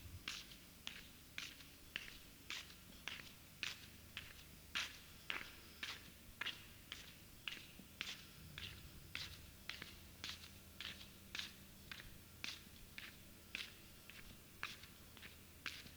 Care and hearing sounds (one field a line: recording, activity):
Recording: daily activity, guitar pickup as the sensor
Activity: walk